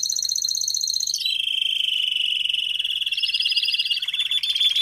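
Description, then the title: Domestic canary song, a fast high trill that drops into a long, steady rolling trill with pitch shifts near the end. Male Belgian canary singing a lot, used for training and warming up young canaries. "Esquente Seu Filhote E Canario Belga Em 30 Minutos Macho Cantando Muito"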